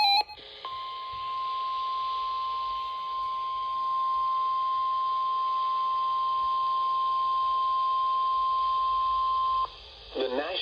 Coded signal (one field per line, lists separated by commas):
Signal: Emergency Alert System (SAME) tones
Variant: 1050 Hz attention tone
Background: speech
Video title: EAS #998 & #999 Severe Thunderstorm Warnings